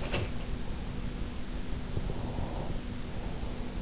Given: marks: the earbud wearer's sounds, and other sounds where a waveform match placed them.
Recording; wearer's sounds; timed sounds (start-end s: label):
sounds in sleep by an in-ear microphone; breath
0.00-0.60 s: sound from someone else or the room
1.52-3.52 s: breath